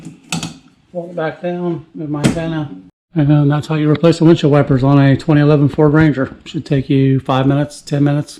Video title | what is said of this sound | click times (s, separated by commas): Ford Ranger XLT Windshield Wiper Blade Replacement - Quick & Easy DIY | It's going to click into place. | 0.3 s